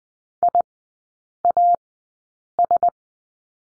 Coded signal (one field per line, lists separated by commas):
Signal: Morse code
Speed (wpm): 20 wpm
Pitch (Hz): 700 Hz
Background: none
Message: IAS